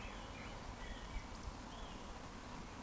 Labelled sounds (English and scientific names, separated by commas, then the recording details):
Eurasian Woodcock (Scolopax rusticola) whistle
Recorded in Baden-Württemberg, Germany, on 13 June 2020 at 19:35 UTC
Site 14569, 102 m above sea level